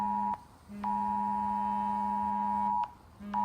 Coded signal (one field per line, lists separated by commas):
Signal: Emergency Alert System (SAME) tones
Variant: 853 and 960 Hz attention tone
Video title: Nationwide Emergency Alert System (EAS 2 AND 3)